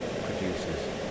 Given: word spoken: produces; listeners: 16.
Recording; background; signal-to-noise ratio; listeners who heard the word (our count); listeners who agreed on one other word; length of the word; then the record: one English word in noise, from a listening test; speech-shaped noise; -4.5 dB; 6 of 16; 7 of 16; 0.71 s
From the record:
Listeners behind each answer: 7, 6, 1, 1, 1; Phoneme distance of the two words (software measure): 10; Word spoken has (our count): 3 syllables, 9 phonemes, stress on syllable 2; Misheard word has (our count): 3 syllables, 9 phonemes, stress on syllable 2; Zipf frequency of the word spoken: 3.92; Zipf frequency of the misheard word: 3.99